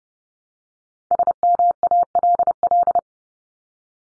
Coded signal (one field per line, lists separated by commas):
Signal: Morse code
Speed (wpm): 30 wpm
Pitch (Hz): 700 Hz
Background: none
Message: SMALL